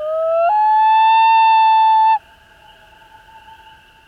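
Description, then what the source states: Common loon wail: a pure, mournful tone that steps up after half a second and holds steady, then drops to a much softer sustained note at about the same pitch that continues to the end. Close recording of the wail call.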